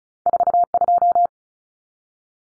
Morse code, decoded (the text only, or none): 42